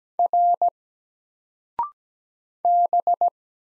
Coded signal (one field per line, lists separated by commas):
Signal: Morse code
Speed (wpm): 17 wpm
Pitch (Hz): 700 Hz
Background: none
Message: R B